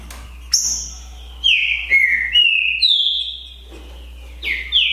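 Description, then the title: Green-winged saltator song, clear whistled notes sliding downward in a short series, separated by brief silences, with a higher sharp note at the start. Song contest between two birds named Naval and Demolidor, 2022 season; birds calling, singing and displaying competitively in a dispute. "TRINCA Piando, Cantando E Macheando Na DISPUTA. DISPUTA DE TRINCA FERRO NAVAL VS DEMOLIDOR 2022! TEMPORADA 2022!"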